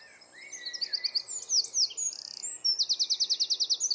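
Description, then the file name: Eurasian wren delivering a vigorous song of piercing notes, a brief buzz, and a long, fast, even trill toward the finish. "Troglodytes troglodytes"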